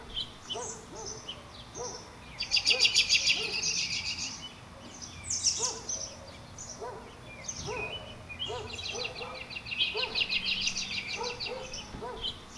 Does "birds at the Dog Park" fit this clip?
yes